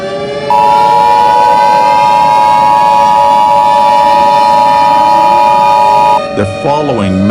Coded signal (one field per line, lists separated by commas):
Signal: Emergency Alert System (SAME) tones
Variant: 853 and 960 Hz attention tone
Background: speech